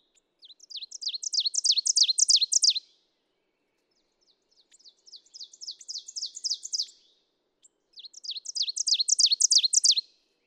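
Ovenbird singing three songs, each a quick string of high repeated phrases swelling in loudness; the middle song is softer than the first and last.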